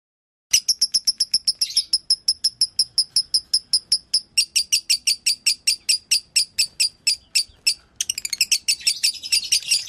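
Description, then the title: Canary song opening after silence with a long series of sharp repeated high notes, ending in a dense, faster twittering burst. Canary song on a long-duration masteran (training track for songbirds). "Kicauan Kenari"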